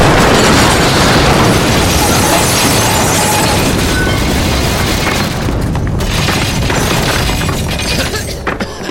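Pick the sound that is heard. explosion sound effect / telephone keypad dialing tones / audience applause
explosion sound effect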